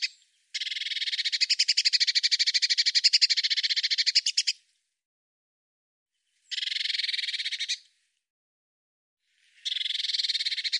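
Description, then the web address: Eurasian blue tit giving harsh, buzzy churr calls of fast pulses, a long rattle of about four seconds followed by two shorter bursts after pauses. "Deverinetal"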